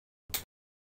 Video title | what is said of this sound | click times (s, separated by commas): Making a Cat-7 Cable having both an RJ-45 Connector and a Keystone Jack | So for now, I'm just going to lock it in place, and I'm going to snap it closed. | 0.3 s